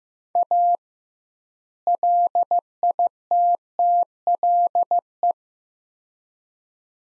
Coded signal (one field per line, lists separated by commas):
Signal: Morse code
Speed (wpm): 15 wpm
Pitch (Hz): 700 Hz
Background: none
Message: A LITTLE